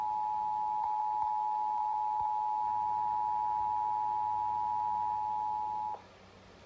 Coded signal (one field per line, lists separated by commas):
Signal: Emergency Alert System (SAME) tones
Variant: 853 and 960 Hz attention tone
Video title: SAGE Dave & DASDEC relaying Civil Authority Test (EAS #19-20)